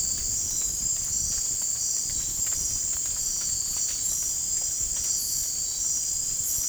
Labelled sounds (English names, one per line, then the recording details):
none
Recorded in dense forest near Puerto Asís, Putumayo, Colombia, on 27 June 2025 at 00:00
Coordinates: 0.503, -76.323
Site G059